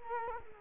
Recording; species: mosquito wingbeat signal from an infrared sensor; Culex quinquefasciatus